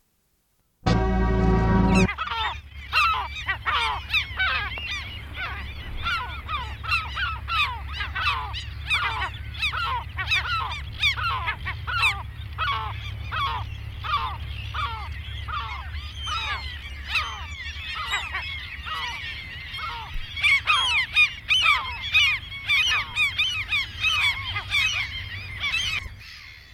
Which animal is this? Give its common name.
European Herring Gull